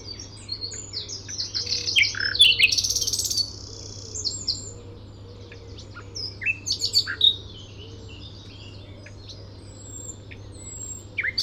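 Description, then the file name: Common nightingale song: a loud burst of varied notes and a brief buzzy trill, a pause, then more scattered phrases. "Luscinia megarhynchos"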